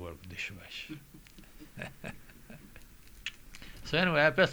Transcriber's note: he laughs